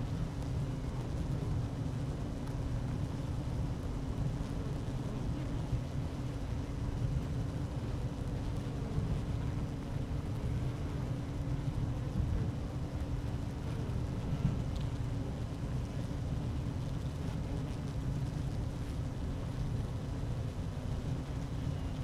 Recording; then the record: honeybee colony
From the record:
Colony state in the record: active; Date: 12 June 2018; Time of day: 11:59